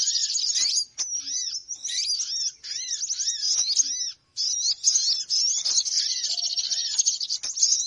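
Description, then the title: Bird chorus of busy, high-pitched twittering and chattering, overlaid with short arched whistles, broken by a few brief silent gaps. Noisy bird lure call for attracting birds; many birds said to gather quickly once played. "Suara Pikat Burung Ribut"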